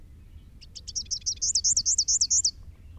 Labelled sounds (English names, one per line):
Rufous-capped Warbler song